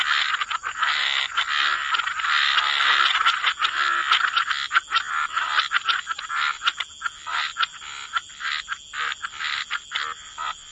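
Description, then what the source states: Frog chorus of dense overlapping croaks and rattles, many callers at once, with a steady high hiss running underneath throughout. Frog chorus mixed with white noise.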